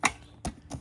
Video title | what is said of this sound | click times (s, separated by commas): How to use the Lusper Zero-Gap Adjustable Weight Bench | and then it goes and locks in place and gets rid of that gap. | 0.1 s